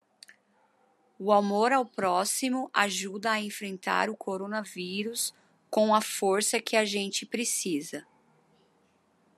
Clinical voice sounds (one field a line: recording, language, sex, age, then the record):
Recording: spoken sentence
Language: Brazilian Portuguese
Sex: female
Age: 40 to 49 years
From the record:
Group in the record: control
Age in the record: 40 years